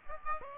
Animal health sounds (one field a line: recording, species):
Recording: mosquito wingbeat signal from an infrared sensor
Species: Aedes aegypti